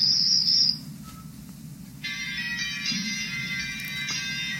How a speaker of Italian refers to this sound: Sono suggestivi i grilli. Ricordano la quiete notturna. Ho sempre avuto grilli per la testa. Piacere a tutte le donne, essere bravo come un qualsiasi numero uno, i grilli. Li senti?